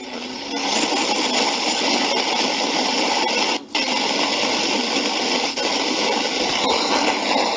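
Steady, dense rain hiss picked up through someone's open microphone fills the whole stretch, a loud continuous wash of noise with one brief dip partway through and no voices.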